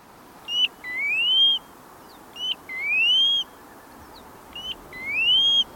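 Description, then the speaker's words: Pacific Golden-Plover calls, a short high note followed by a clear, rising whistled slur, repeated three times about every two seconds over soft background noise. Breeds in Alaska, then migrates to the South Pacific, thousands of miles and several days' flight away. "After breeding in Alaska, shorebirds called Pacific golden plovers fly all the way to the South Pacific, thousands of miles and several days' flight away."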